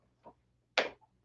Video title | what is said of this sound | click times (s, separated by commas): Star Wars Black Series Snowspeeder Review, Toy Smuggler #145 | hear that little click? | 0.8 s